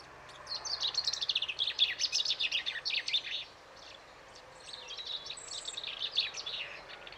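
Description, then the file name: Common chaffinch song: a fast series of sharp high notes lasting about three seconds, then a pause and a second similar phrase. "Fringilla coelebs"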